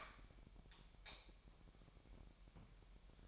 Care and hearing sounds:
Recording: daily activity, microphone in the room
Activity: light off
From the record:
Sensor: 1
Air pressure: 1012.0 hPa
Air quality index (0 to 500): 237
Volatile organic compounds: 6 ppm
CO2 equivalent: 1888 ppm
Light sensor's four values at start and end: 18/50/20/22 and 15/35/15/17

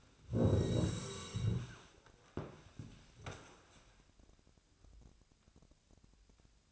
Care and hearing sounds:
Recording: daily activity, microphone in the room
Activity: sit down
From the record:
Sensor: 2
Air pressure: 1000.3 hPa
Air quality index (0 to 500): 166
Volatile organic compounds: 3 ppm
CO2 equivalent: 1388 ppm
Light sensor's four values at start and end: 8/17/7/8 and 8/18/8/8

